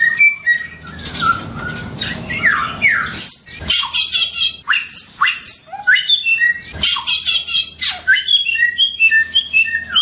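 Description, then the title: Songbird song: rapid chattering and scratchy notes mixed with clear whistles, with a steady low hum beneath much. Songbird named Samyong singing actively and loudly (gacor, volume tembus). "SAMYONG 1 MILYAR GACOR VOLUME TEMBUS [Burung Kicau"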